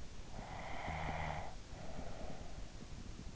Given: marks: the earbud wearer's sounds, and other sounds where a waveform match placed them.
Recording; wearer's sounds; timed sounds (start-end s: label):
sounds in sleep by an in-ear microphone; snoring breath
0.08-3.19 s: snoring breath